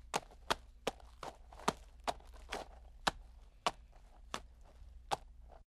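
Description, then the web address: Horse hoofbeats: sharp, clattering steps in a walking rhythm, over a low background hum. Horse walking on a stony road. "son dun cheval marchant sur une route caillouteuse"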